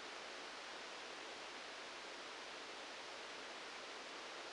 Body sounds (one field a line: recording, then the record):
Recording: brain microelectrode recording played as sound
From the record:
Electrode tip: outside the subthalamic nucleus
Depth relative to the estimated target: -3 mm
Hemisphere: right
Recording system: NeuroSet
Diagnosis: Parkinson's disease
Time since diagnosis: 9 years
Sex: male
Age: 56 years